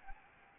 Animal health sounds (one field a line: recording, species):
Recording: mosquito wingbeat signal from an infrared sensor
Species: Anopheles arabiensis